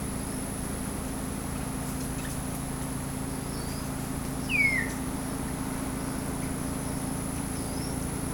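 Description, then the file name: Bird call, one short, clear downslurred whistle midway through an otherwise quiet stretch with a steady low hum. "SABIOD 50 bird 2015"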